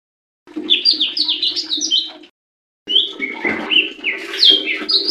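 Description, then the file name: Leafbird song, two bursts of fast, varied high whistled phrases with slurred notes, over a steady low hum. "cucak-hijau-mini omkicau"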